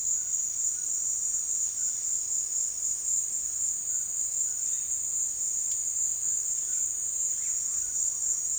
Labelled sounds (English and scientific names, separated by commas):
none